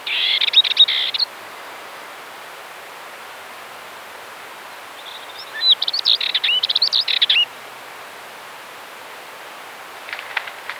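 Dartford warbler singing rapid, dry, scratchy phrases with a few rising whistled notes, two main bursts and a fainter brief third near the end, against soft hiss.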